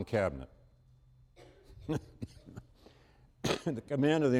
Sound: laughs